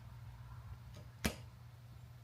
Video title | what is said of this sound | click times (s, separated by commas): Episode 11 Vintage Lamp re-wire! | There we go. Click. Click. | 1.2 s